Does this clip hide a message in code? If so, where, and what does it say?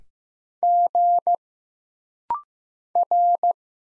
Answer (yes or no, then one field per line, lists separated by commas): yes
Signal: Morse code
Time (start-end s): 0.6-3.5 s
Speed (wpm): 15 wpm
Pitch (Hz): 700 Hz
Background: none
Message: G R